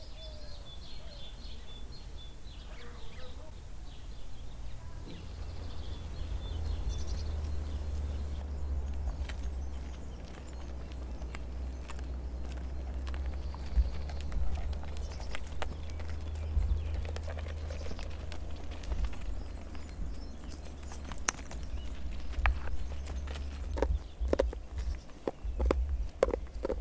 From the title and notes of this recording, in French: Promenade autour de Vinca, airs de printemps. Le printemps bruisse de multiples façons autour de Vinça. Et au loin, souvent , le bruit de la route nationale. Les coups de sécateurs électriques dans les pêchers, les sportifs qui halètent, les chèvres, ânes, chevaux et chiens, la Lentilla enfin.